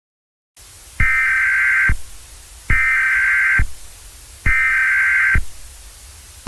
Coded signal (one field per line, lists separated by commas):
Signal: Emergency Alert System (SAME) tones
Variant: header bursts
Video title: Eas Scenario #5 Washington Tornado outbreak